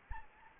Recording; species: mosquito wingbeat signal from an infrared sensor; Anopheles arabiensis